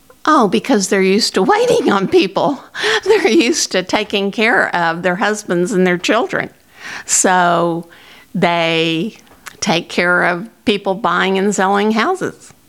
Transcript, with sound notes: Oh, because they're used to waiting on people. (Chuckling) They're used to taking care of their husbands and their children. So they take care of people buying and selling houses.